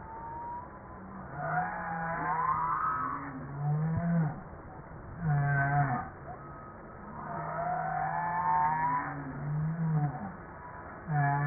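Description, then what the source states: Humpback whale song: long droning low tones overlaid with higher wavering whoops and upsweeps, nearly continuous throughout. Recorded 5 March 1994.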